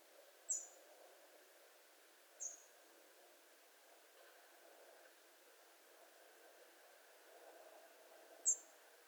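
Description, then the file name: European robin uttering short, high-pitched thin notes, two close together early and one after a long pause, with a soft steady hum beneath. "Erithacus rubecula"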